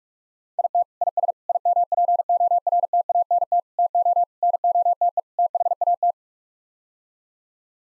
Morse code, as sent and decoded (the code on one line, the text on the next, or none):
.. - / .. ... / .. -- .--. --- .-. - .- -. - / - --- / -. --- - . / - .... .- -
IT IS IMPORTANT TO NOTE THAT